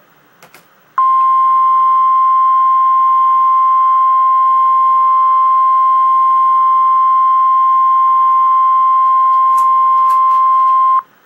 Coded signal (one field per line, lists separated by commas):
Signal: Emergency Alert System (SAME) tones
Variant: 1050 Hz attention tone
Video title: REAL EAS 652-Severe thunderstorm warning